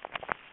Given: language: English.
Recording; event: throat vibration sensor signal played as sound; swallow